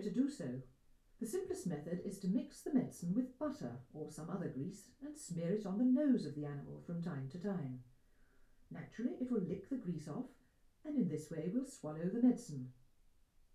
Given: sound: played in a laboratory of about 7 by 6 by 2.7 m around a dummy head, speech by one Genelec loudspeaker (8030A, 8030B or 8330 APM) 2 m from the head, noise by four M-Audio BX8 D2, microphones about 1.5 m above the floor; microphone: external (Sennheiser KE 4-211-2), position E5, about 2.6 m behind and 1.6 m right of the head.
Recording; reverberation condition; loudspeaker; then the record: female speech in English; low; 120 degrees to the right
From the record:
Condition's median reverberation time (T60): about 310 ms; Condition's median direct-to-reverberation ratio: about 3.5 dB